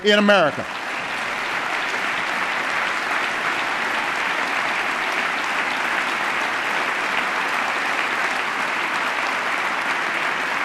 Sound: applause

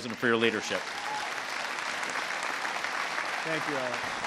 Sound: applause

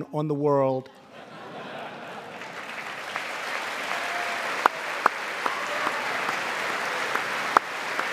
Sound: laughter and applause

